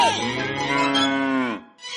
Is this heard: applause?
no